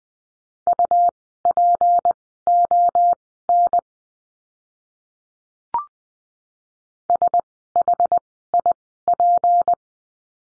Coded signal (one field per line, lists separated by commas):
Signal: Morse code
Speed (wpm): 20 wpm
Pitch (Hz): 700 Hz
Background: none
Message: UPON SHIP